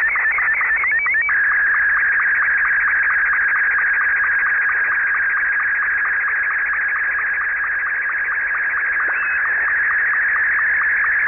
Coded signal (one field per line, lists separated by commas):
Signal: SSTV (slow-scan television)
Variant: Martin 2